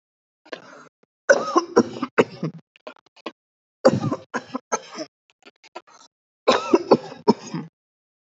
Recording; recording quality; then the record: heavy voluntary cough; excellent, no background noise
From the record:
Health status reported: healthy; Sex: male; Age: 30 years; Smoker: yes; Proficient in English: yes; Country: India